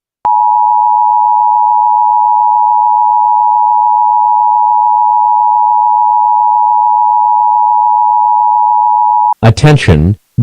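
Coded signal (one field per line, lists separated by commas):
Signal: Emergency Alert System (SAME) tones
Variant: 853 and 960 Hz attention tone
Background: speech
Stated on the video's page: Fictional nuclear attack scenario using valid EAS tones.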